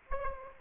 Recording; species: mosquito wingbeat signal from an infrared sensor; Aedes aegypti